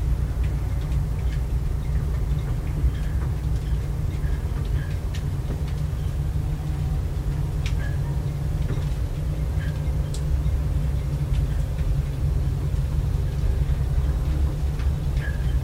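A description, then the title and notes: A boat engine hums in a steady low drone, with faint scattered creaks and small knocks ticking through it every second or so. Inside a Yacht Cabin: Boat Interior Sounds. The gentle sway of the boat and the hum of the engine.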